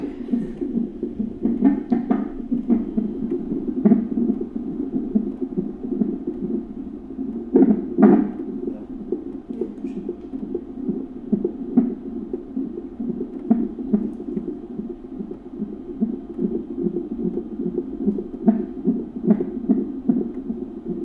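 Fetal heartbeat picked up by a fetal monitor sensor, fast at about 140 beats per minute, at 30 weeks of pregnancy, with the mother's cervix open.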